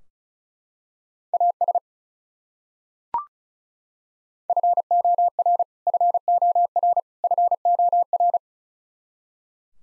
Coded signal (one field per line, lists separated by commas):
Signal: Morse code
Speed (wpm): 36 wpm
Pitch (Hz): 700 Hz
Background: none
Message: AS FOR FOR FOR